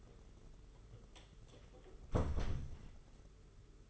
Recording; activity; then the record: daily activity, microphone in the room; close door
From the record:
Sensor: 4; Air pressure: 992.4 hPa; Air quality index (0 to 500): 114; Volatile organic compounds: 22 ppm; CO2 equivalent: 2754 ppm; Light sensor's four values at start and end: 21/72/26/27 and 21/74/27/28